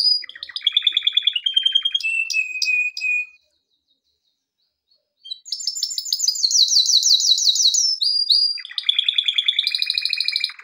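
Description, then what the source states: Canary song: buzzy rolling trills and whistled notes, about two seconds of silence, then a bright trill and more rapid rolls. Canary song meant for training canaries.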